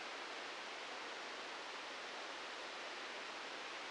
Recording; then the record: brain microelectrode recording played as sound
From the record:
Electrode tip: outside the subthalamic nucleus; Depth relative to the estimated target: 3 mm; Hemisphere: right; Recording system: NeuroSet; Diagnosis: Parkinson's disease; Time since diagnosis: 13 years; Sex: male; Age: 63 years